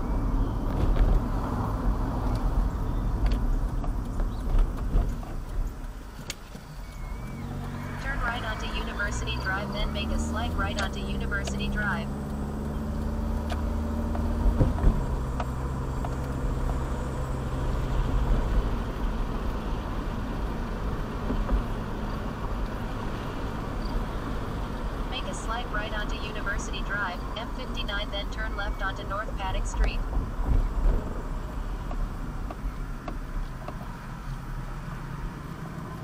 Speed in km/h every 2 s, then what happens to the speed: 34, 27, 15, 5, 13, 24, 34, 42, 45, 47, 47, 47, 47, 42, 34, 27, 16, 6.
0-5 brakes to 5. 7-14 speeds up to 42. 14-24 steady at about 47. 24-36 brakes to 6.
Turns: none.